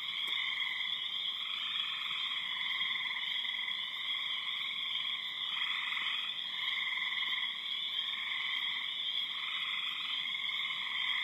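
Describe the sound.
Frogs calling together in a dense, continuous chorus of layered droning and trilling tones.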